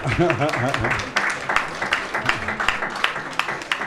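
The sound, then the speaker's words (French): A small group claps in quick, uneven bursts of sharp hand strikes, starting over a voice speaking briefly at the beginning and carrying on steadily to the end. “Ah, c'est vrai ça, c'est vrai, et ça s'applaudit même, bravo.”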